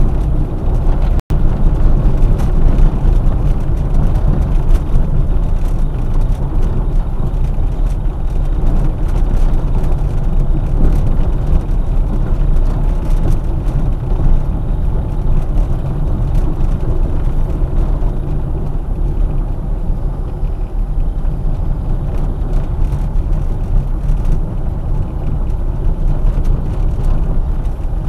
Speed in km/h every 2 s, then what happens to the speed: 21, 20, 18, 19, 20, 19, 19, 18, 17, 16, 19, 21, 20, 18.
0-28 steady at about 19.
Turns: 14-28.